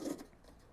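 A wire spool retainer is being tightened by hand onto the spool hub of an Arccaptain MIG200 MIG welder. A brief scraping, rustling handling sound peaks in the first quarter second, then fades to a quiet background. Nothing has seated or clicked yet; the retainer is not yet home when the clip ends.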